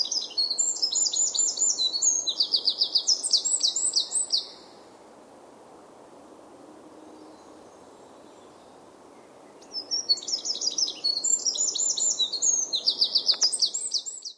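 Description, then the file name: Eurasian wren giving two bursts of song, fast, high-pitched cascades of notes and trills, separated by a quiet gap of low noise. "Troglodytes troglodytes"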